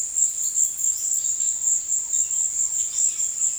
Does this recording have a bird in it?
no